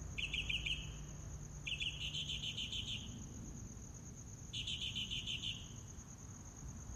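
Mockingbird song: three rapid trilled phrases with pauses between, over a steady high insect whine.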